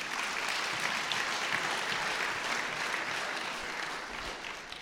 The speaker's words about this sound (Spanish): Aplauso, se lo ganó.